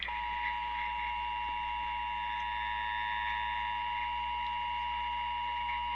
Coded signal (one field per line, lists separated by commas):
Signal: Emergency Alert System (SAME) tones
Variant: 853 and 960 Hz attention tone